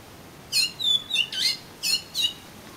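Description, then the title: Oriental magpie-robin song fragment: a handful of sharp whistled and slurred notes, with a short gap before two final notes. "Kacer Kacer"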